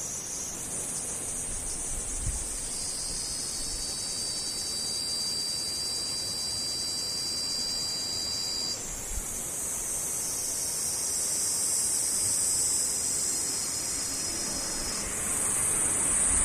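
Cicadas drone without a break, a thin, high, shimmering buzz that fills the whole clip. The pitch and texture shift around nine seconds and again near fifteen, where the sound grows a little louder and brighter. A faint low rumble sits underneath.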